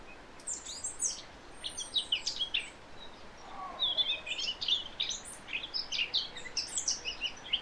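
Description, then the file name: Eurasian blackcap song: two bursts of fast, jumbled warbling notes, the second a bright chattering phrase lasting about four seconds. "Sylvia atricapilla"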